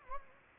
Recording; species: mosquito wingbeat signal from an infrared sensor; Anopheles gambiae